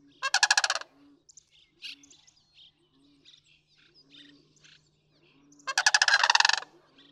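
Sandhill crane giving two loud rolling, rattling calls about five seconds apart, with soft scattered sounds and a low hum between.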